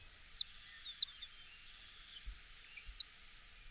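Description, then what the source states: Saffron Finch song: a string of short, high whistled chirps in quick irregular bursts, with brief pauses between phrases and a few faint low thumps. Pleasant, whistle-like song.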